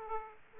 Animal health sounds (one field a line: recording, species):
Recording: mosquito wingbeat signal from an infrared sensor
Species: Aedes aegypti